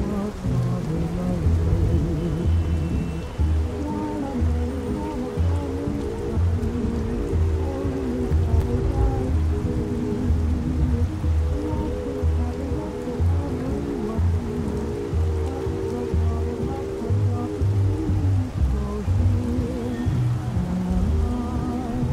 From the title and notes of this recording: A Perfect Parisian Night (Music Playing With Traffic Noises). Oldies In Another Room While Traffic Noises Play Out The Open Window.